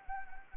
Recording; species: mosquito wingbeat signal from an infrared sensor; Anopheles arabiensis